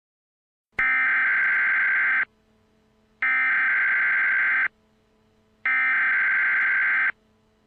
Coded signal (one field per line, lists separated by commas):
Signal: Emergency Alert System (SAME) tones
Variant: header bursts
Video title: Real Tornado Emergency Alert | Van Buren, Missouri | 3-14-2025 | EAS Mock